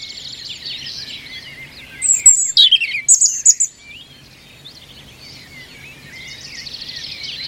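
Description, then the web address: European robin song, one bright burst of high, tumbling, thin notes lasting under two seconds, with softer twittering before and after. "Deverinetal 2025"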